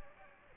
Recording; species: mosquito wingbeat signal from an infrared sensor; Culex quinquefasciatus